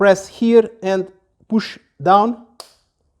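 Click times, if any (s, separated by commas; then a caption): 2.6 s. A motorcycle intercom unit is slotted into the gap of its plastic helmet mounting bracket, pressed and pushed down while someone talks. A short, sharp click sounds at 2.6 s as the unit seats in the bracket and the intercom is connected.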